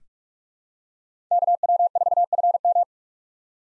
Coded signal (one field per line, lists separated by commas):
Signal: Morse code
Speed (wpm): 46 wpm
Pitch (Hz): 700 Hz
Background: none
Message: KW4FM